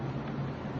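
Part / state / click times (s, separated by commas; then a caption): sanitizer dispenser onto its mounting bracket / not seated / none. A flipped-over sanitizer dispenser is handled as its holes are lined up with its plastic mounting bracket, and a steady low rumbling noise fills the short clip with no sharp sounds. Nothing has seated or clicked yet; the dispenser has not snapped onto the bracket.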